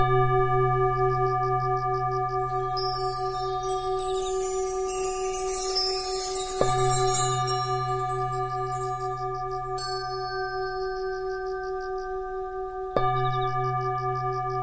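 Tibetan bowls ring with a steady, sustained hum made of several layered tones, while small chimes sparkle brightly through the middle stretch from about 3 to 8 seconds. Fresh strikes land near 6.6, 10 and 13 seconds, each renewing the ringing before it slowly fades.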